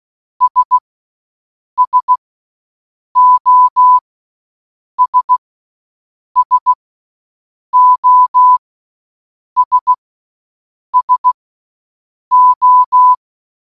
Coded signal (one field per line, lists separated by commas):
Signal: Morse code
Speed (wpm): 16 wpm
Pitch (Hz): 1000 Hz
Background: none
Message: S SOS SOS SO